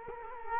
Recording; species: mosquito wingbeat signal from an infrared sensor; Culex quinquefasciatus